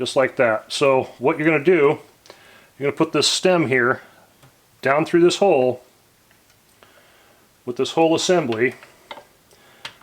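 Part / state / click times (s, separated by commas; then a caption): spring-loaded stem assembly into a shotshell reloading press / seated / 9.9 s. Someone talks while a spring-loaded metal stem assembly is put down through a hole in a MEC 9000GN progressive shotshell reloading press. The spring is pushed down and the assembly pops into place with a short metallic click at 9.9 seconds, seating it.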